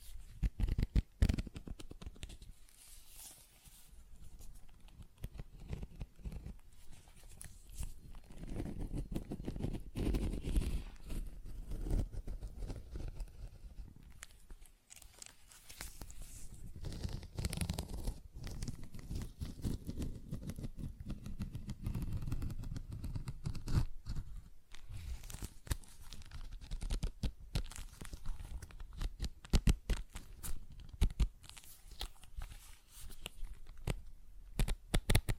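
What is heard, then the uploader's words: ASMR tapping and scratching sounds, a dense stream of crisp clicks and rustly scrapes over a low rumbling bed, with a brief pause near fifteen seconds. ASMR Tapping, Scratching & Zipper Sounds.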